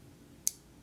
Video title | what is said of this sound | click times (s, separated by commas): How to Field Strip a Springfield Armory Hellcat RDP | there you go so now it's locked on and it's and it's on properly | 0.5 s